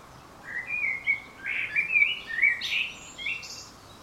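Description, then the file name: Common blackbird delivering one continuous phrase of mellow whistled notes that rise and tumble before ending in a thin, high squeaky flourish. "Turdus merula"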